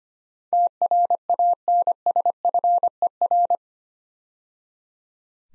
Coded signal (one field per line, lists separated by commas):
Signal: Morse code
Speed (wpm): 25 wpm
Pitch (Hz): 700 Hz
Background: none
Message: TRANSFER